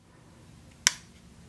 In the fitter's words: it's got a nice click to it